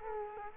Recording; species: mosquito wingbeat signal from an infrared sensor; Culex quinquefasciatus